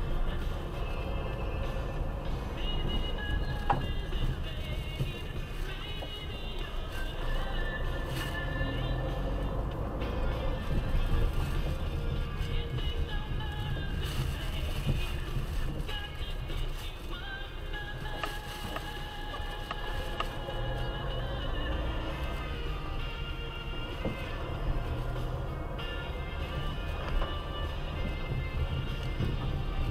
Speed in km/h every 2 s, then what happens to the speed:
16, 20, 17, 5, 9, 14, 18, 14, 8, 4, 6, 12, 14, 13, 15.
4-7 brakes to 5. 7-13 speeds up to 18. 13-17 brakes to 4. 17-24 speeds up to 14. 24-30 steady at about 14.